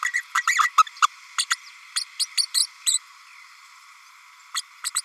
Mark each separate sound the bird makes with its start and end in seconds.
0.13-0.22, 0.34-0.42, 0.47-0.70, 0.77-0.83, 1.02-1.07, 1.38-1.45, 1.50-1.55, 1.96-2.04, 2.19-2.27, 2.37-2.46, 2.54-2.66, 2.86-2.98, 4.54-4.61, 4.84-4.90, 4.95-5.01